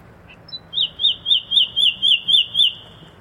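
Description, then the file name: Common nightingale song: a few soft introductory notes, then about eight clear, evenly spaced whistled notes repeated roughly every quarter of a second. "Luscinia megarhynchos"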